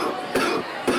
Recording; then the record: coughing mixed with background sound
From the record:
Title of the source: Coughing 77